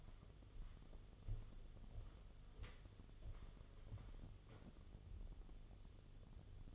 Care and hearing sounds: daily activity, microphone in the room; walk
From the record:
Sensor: 4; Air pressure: 1016.2 hPa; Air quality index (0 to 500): 164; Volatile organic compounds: 6 ppm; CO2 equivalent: 1865 ppm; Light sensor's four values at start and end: 10/21/8/8 and 10/22/9/8

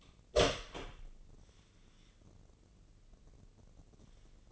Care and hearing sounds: daily activity, microphone in the room; open door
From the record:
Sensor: 4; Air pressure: 1013.2 hPa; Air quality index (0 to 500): 178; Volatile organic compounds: 2 ppm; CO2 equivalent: 1124 ppm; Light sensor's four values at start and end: 73/179/76/76 and 102/255/105/112

